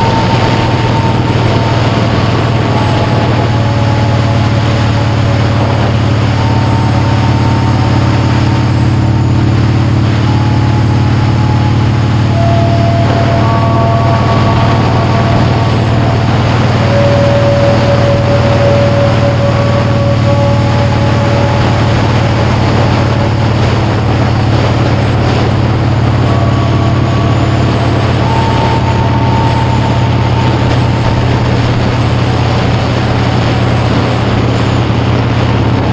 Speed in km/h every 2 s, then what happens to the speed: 84, 77, 69, 74, 69, 74, 79, 77, 76, 82, 72, 79, 68, 69, 74, 69, 69, 68.
0-4 brakes to 69. 4-9 steady at about 69. 9-11 speeds up to 79. 11-23 steady at about 77. 23-25 brakes to 68. 25-36 steady at about 69.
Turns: none.